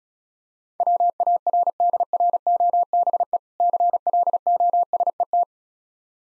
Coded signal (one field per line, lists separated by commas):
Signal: Morse code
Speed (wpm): 36 wpm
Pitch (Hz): 700 Hz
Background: none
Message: WARDROBE CLOSET